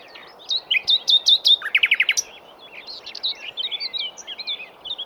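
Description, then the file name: Common nightingale singing a quick phrase of repeated whistled notes that runs into a fast rattle, followed by softer, varied notes. "Luscinia megarhynchos"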